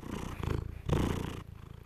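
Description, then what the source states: Domestic cat purring, a low steady rumble with soft pulsing throughout, louder in the middle and quieter at the end. Tomcat, a pet, purring indoors while his owner records him; he seems to like the spot.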